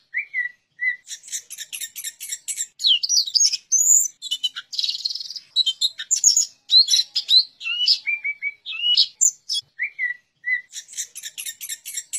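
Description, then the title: Orange-headed thrush in continuous varied song, harsh rapid chatter and high slurred whistles alternating, with a few lower clear whistled notes near the end. "Anis Merah"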